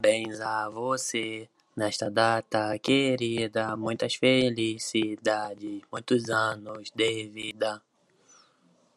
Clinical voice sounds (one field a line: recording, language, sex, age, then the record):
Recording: short text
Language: Brazilian Portuguese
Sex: male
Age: 30 to 39 years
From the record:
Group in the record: control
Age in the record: 32 years